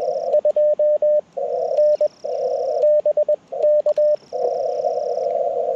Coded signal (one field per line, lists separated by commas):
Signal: Morse code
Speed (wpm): 20 wpm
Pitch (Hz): 600 Hz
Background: radio noise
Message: 2N BK